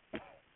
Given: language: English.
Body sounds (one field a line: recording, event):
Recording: throat vibration sensor signal played as sound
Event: cough